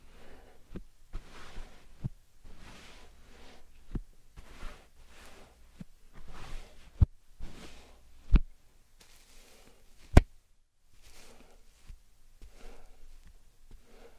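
Slime and sand triggers, heard as soft squishing, crackling and grainy rustles in short bursts roughly every second. Sharp clicks and pops cut through now and then, with the loudest snap near the ten-second mark. Brief gaps of near silence separate the bursts.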